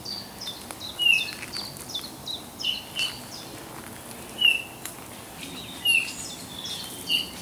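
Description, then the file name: Eurasian bullfinch giving soft piping whistles at uneven intervals, with a few faint clicks. "Pyrrhula pyrrhula"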